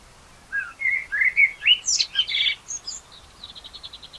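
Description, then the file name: Common blackbird song: a mellow fluted warble of several low whistled notes, ending in a high squeaky twitter and a fading run of quick repeated ticks. "Turdus merula"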